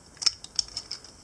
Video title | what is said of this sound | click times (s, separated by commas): Rotf Mixmaster Review #57 | soft clicks but it does click into place | 0.3 s, 0.6 s